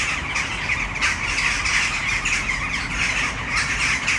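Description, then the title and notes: Western jackdaw chorus of clipped, metallic calls tumbling over one another without pause, faint background rumble. Flock in a tree full of jackdaws, Malinovského náměstí, Brno city center, Czech Republic, at sunset. "Malinovského nám. 571/1, 602 00 Brno-střed-Brno-město, Česko - Western jackdaws at sunset. A tree full of jackdaws in the city center of Brno"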